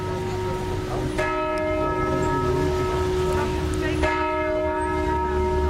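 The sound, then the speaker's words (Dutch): Church bells of the Sint-Jozef church ring with rich, sustained tones, two strong strokes rising out of an already humming peal and hanging in the air over a steady low rumble. “De klokken, de kerkklokken van de Sint-Jozefkerk.”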